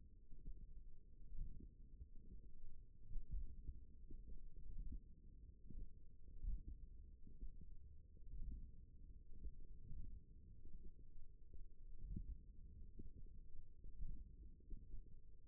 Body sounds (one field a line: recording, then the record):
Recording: forearm muscle sounds (acoustic myography)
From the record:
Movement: hook grip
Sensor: system 1, eight BSWA MPA416 microphones around the upper forearm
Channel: 4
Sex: female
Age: 21 years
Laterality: right